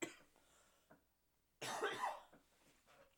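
A single loud, harsh cough bursts out partway through, fading over about half a second into a softer throaty tail. A few faint clicks and knocks come before it in an otherwise quiet small room. It is an ordinary isolated cough.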